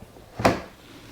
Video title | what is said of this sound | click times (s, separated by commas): Cut perfect circles using the Milescraft circle guide DIY | you hear that click it's now locked in so now we're we're attached | 0.4 s